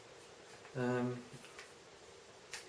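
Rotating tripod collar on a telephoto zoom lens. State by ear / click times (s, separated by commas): seated / 1.6 s, 2.5 s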